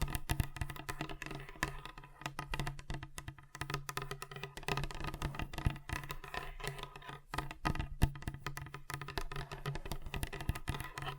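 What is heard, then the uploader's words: Fingers tap on a table in quick, uneven bursts, with sharp clicks and knocks coming many times a second throughout. The taps are fairly crisp, some louder than others, over a steady low hum. ASMR Relaxing Table Tapping Different Surfaces (No Talking).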